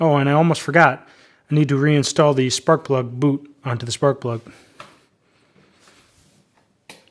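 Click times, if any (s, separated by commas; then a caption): 6.9 s. Someone talks, then pushes the rubber spark plug boot back onto the spark plug terminal of a Honda HRR216VKA lawn mower. After a quiet stretch, a sharp click sounds at 6.9 s as the boot seats onto the plug.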